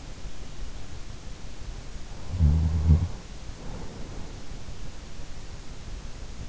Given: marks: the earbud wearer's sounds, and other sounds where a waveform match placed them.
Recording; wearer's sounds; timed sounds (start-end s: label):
sounds in sleep by an in-ear microphone; snoring breath
1.99-3.13 s: snoring breath